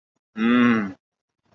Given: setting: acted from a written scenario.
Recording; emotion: vocal sound without words; pride